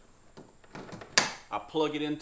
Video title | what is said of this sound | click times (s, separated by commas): Kayak Trolling Motor Build & Speed Test - EASY - 2020 - DIY | I put a power outlet in the front so this I pop it into place I plug | 1.2 s